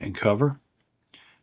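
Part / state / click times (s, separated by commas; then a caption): liner lock engaging the blade tang of a folding pocket knife / seated / 1.1 s. Someone talks briefly, then after a short silence a sharp metallic click with a brief ringing tail comes at 1.1 s. The blade of a folding pocket knife is opened and its metal liner lock snaps into the recess on the blade tang, locking the blade in place.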